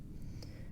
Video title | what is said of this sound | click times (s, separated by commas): PowerG Vanishing Door/Window Contact Battery Replacement - by JTL Security | so that the battery pops right into place like so | 0.4 s